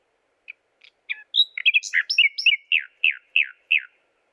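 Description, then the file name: Common nightingale song: scattered clicks building into a varied phrase of sharp notes, ending in a steady series of loud, slurred, falling notes. "Luscinia megarhynchos"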